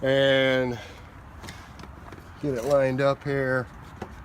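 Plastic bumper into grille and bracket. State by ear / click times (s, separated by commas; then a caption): not seated / none. Someone talks while lining up the plastic bumper section of a 2010 Toyota Prius with its grille and bracket, with faint brief knocks at about 1.8, 2.1 and 4.0 seconds. Nothing has seated or clicked into place yet.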